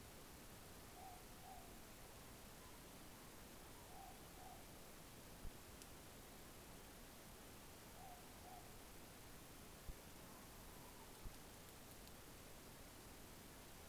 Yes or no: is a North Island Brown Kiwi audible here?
no